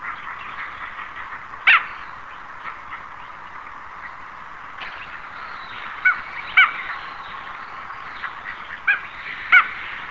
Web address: gankamo real oshidori